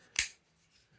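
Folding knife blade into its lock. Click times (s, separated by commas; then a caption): 0.2 s. The steel blade of a Spidey Chef folding chef-style pocket knife with a deep carry pocket clip is opened in the hand and locks into place. A single sharp, bright click sounds at 0.2 s and fades quickly into near silence. The blade is seated in its lock with a positive click.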